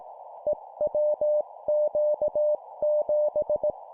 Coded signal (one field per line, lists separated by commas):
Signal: Morse code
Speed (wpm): 18 wpm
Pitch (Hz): 600 Hz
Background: none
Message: EWQ7